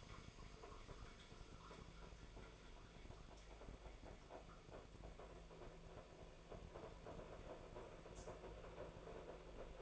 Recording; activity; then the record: daily activity, microphone in the room; make coffee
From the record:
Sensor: 5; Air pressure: 1009.5 hPa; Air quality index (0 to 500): 168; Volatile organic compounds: 4 ppm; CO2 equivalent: 1629 ppm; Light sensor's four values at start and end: 93/245/100/105 and 92/245/100/105